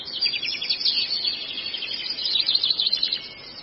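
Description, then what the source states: Long-tailed shrike song, a continuous rapid, buzzy, high-pitched chatter of mixed notes. Indonesian masteran (tutoring) recording of long-tailed shrike song.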